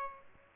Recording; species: mosquito wingbeat signal from an infrared sensor; Aedes albopictus